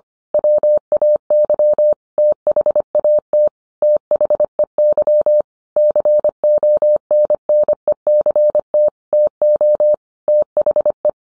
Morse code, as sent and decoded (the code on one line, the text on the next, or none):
.-- .- -.-- / - .... .- - / - .... . -.-- / -.-. --- -. -. . -.-. - / - --- / - .... .
WAY THAT THEY CONNECT TO THE